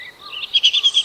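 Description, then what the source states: Bull-headed shrike calling: a short run of sharp, squeaky high notes repeated about every tenth of a second. Recorded at Yumura Onsen, Shimane Prefecture, Japan.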